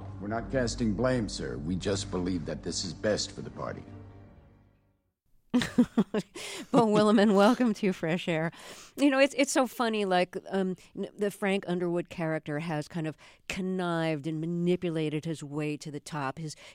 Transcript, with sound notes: We're not casting blame, sir. We just believe that this is best for the party.
(Laughter). Beau Willimon, welcome to FRESH AIR. You know, it's so funny, like, the Frank Underwood character has kind of connived and manipulated his way to the top.